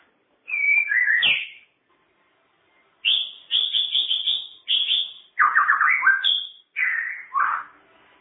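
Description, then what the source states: Songbird singing varied phrases: a whistled slur, then rapid high trills, falling warbled notes and short chirps, separated by brief pauses, in an otherwise quiet recording. Masteran training song used to tutor cage birds, presented as a complete set.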